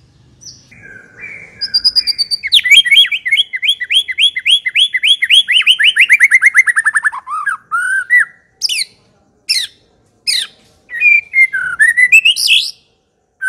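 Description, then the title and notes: White-rumped shama delivering a long run of quick repeated notes that slowly fall in pitch, followed by scattered loud sharp whistles and chirps. Lure song for attracting the bird. "Pikat Murai Batu Durasi Panjang. Burung Murai Batu"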